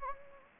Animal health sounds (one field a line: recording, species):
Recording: mosquito wingbeat signal from an infrared sensor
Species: Anopheles gambiae